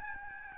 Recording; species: mosquito wingbeat signal from an infrared sensor; Aedes albopictus